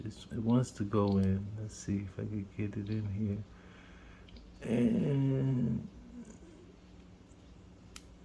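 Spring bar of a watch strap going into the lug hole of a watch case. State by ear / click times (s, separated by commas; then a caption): seated / 8.0 s. Someone talks while pushing a spring bar on a small leather/nylon strap with a fingernail into the lug hole of a small steel Seiko SRE003 watch case. After a quieter stretch with faint handling ticks and more talking, a sharp, brief click at 8.0 s marks the spring bar snapping into the lug hole, and the strap is seated.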